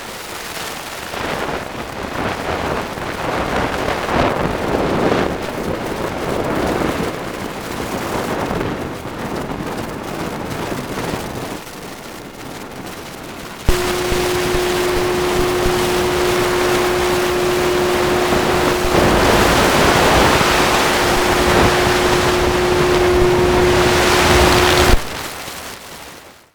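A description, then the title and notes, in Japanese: Electromagnetic interference and structure-borne vibration recorded inside a moving vehicle. A rough, surging rumble and hiss fills the first half, then at about 14 seconds it switches abruptly to a steady mid-pitched hum over dense hiss, which cuts off near 25 seconds. On a round trip between Ebisucho and Hamaderaekimae on the Hankai Line, Osaka。音楽家 Hacoとサウンドアーティスト 角田俊也による路面電車での録音コラボレーション(大阪、2006)。走行車内の電磁波や固体振動を拾ったサウンドアートのドキュメンタリー作品。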